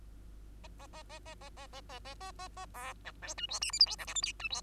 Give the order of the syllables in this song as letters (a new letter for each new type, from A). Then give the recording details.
A A A A A A A A A A A A A B C D E F G H I J K L M N E F. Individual Bird2